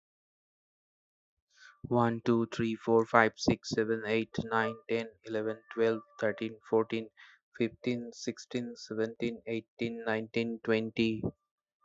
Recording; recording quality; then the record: counting at a normal pace; excellent, no background noise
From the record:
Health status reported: healthy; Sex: male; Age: 31 years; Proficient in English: yes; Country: India